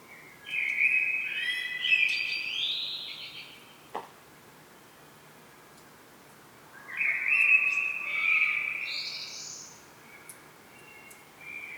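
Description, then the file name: Common blackbird song in two phrases roughly six seconds apart, each a varied fluty warble that finishes in high, squeaky twitters; soft background hiss. "Turdus merula"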